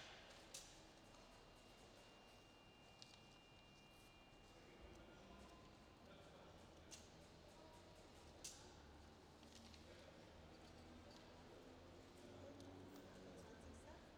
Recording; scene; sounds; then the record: everyday scene through a hearing-aid microphone; reverberant space; background noise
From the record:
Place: railway station hall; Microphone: in the ear canal, left